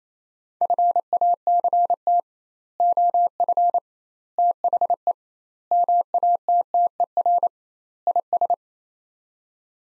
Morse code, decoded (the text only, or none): FACT OF THE MATTER IS